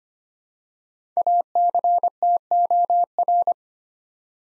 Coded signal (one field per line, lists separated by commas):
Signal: Morse code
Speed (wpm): 25 wpm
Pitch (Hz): 700 Hz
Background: none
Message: ACTOR